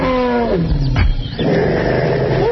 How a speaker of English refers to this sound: I said lions. I really believe it's lions. All right, what is it? Those are elephants. Really? Yeah, I was going to say that. Man. I got to hear that again. They were having fun.